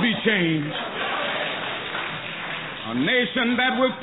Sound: applause